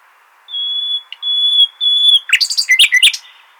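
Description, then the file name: Common nightingale song: three long pure whistled notes followed by a quick tumble of sharp varied chirps. "Luscinia megarhynchos"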